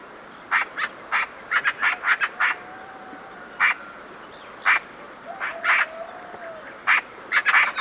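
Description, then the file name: Eurasian magpie with dry, grating chak notes, some in rapid pairs and triplets, spaced irregularly. "Pica pica"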